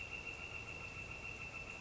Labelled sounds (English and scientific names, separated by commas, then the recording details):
Northern Flicker (Colaptes auratus)
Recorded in Sonoma County, California